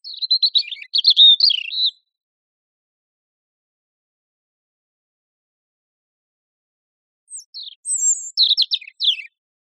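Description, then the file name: European robin giving two short warbled song phrases separated by a long silence, each a quick run of high tinkling notes. "Erithacus rubecula"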